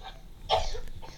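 One short, harsh cough bursts out midway, with a sharp onset and a brief rougher tail. Faint room noise surrounds it. It is a single isolated cough with no repeated bouts.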